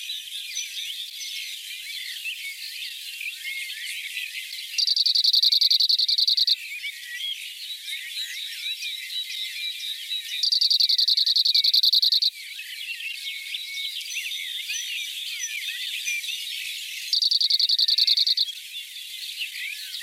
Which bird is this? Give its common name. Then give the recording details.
Cirl Bunting. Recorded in the wild. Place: Schönberg / Gemeide Ebringen / Hochschwarzwald, Baden-Württemberg, DE. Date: 1984-05-19. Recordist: Schwarz, Dieter